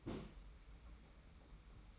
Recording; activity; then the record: daily activity, microphone in the room; place on stove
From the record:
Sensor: 1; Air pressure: 991.1 hPa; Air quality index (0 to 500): 91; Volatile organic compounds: 32 ppm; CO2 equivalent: 3001 ppm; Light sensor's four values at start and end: 36/117/46/47 and 36/117/46/47